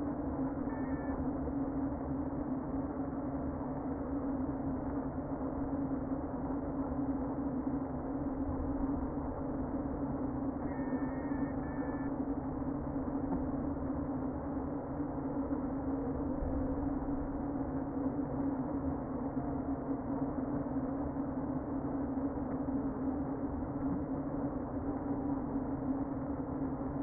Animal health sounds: honeybee colony, microphone inside the hive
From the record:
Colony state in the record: queen present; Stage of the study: before two queens were removed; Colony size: about 60,000 bees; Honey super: yes

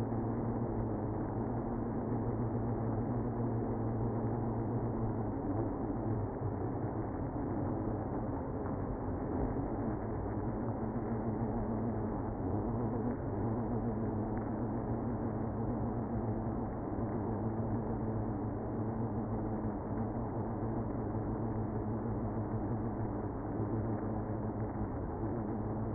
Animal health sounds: honeybee colony, microphone inside the hive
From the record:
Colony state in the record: queenless (queen removed); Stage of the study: after two queens were removed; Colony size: about 60,000 bees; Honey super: yes

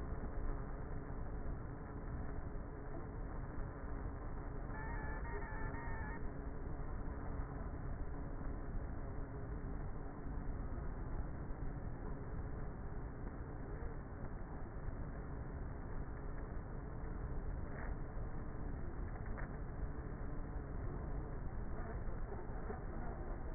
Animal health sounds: honeybee colony, microphone inside the hive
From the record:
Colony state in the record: queenless with a low population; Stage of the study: before two queens were removed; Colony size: about 30,000 bees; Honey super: no

